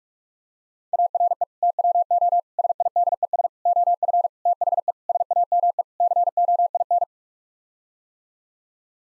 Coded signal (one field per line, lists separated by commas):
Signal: Morse code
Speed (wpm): 46 wpm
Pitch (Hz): 700 Hz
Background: none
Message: ARE TWO SIDES OF THE SAME COIN